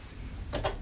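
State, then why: Not seated. A folding handle from a portability kit is moved on the frame of a Powermate PM0143250 3250 watt generator, tested toward its upper locking position. Low, steady handling noise builds into a brief, bright burst of metallic rattle around 0.5–0.7 s. The handle has not clicked or locked into position yet.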